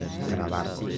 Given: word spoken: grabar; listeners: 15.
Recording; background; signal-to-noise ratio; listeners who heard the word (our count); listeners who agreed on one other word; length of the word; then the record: one Spanish word in noise, from a listening test; eight-talker babble; -1.0 dB; 2 of 15; 6 of 15; 0.58 s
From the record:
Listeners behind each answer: 6, 2, 1, 1, 1, 1, 1, 1, 1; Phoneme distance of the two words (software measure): 27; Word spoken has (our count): 2 syllables, 6 phonemes, stress on syllable 2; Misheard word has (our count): 3 syllables, 7 phonemes, stress on syllable 2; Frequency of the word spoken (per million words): 8.38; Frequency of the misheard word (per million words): 507.85